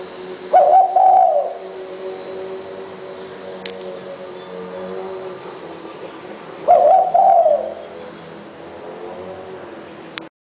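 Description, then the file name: Spotted dove coos twice, about six seconds apart, each phrase about a second long, over a steady background hum. "นกเขาใหญ่"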